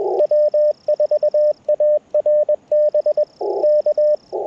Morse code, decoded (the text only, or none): W4ARB K